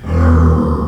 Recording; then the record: squeal of a Yucatan mini pig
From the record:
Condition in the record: after surgery on the right vocal fold (resection and tissue-engineered implant); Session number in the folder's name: 15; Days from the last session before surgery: 175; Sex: female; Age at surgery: 19 weeks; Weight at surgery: 25 kg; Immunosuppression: prednisolone